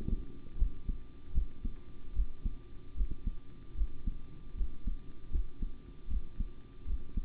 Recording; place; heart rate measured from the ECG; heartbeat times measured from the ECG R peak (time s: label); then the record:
heart sounds by stethoscope; between the tricuspid and mitral areas; 76 bpm
0.57 s: heartbeat
1.33 s: heartbeat
2.14 s: heartbeat
2.95 s: heartbeat
3.75 s: heartbeat
4.55 s: heartbeat
5.30 s: heartbeat
6.08 s: heartbeat
6.85 s: heartbeat
From the record:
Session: rest, sitting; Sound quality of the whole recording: good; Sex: male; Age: 25 years